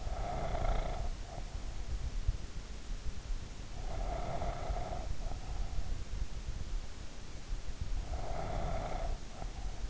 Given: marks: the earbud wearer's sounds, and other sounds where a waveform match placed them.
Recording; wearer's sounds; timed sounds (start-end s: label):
sounds in sleep by an in-ear microphone; breath
0.00-2.06 s: breath
3.35-6.07 s: breath
7.49-9.82 s: breath